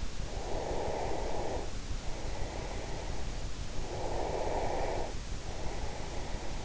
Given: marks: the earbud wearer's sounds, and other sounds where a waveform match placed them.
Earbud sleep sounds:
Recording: sounds in sleep by an in-ear microphone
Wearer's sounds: breath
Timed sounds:
0.40-6.64 s: breath

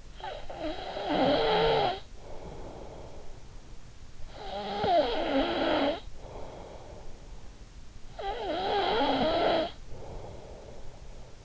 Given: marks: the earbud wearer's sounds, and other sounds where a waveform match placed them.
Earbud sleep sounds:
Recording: sounds in sleep by an in-ear microphone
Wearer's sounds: snoring breath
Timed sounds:
0.00-7.66 s: snoring breath
7.89-11.45 s: snoring breath

